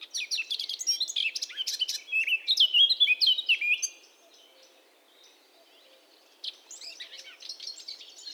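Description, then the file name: Eurasian blackcap song: fast, varied warbling of chirps and fluty notes for about four seconds, a short pause, then more scratchy twittering resumes. "Sylvia atricapilla"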